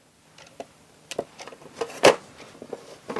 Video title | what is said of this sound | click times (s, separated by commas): FUN summer DIY home decor ideas inspired by classic food brands! | And it just pops right into place and then you have your clock. | 2.0 s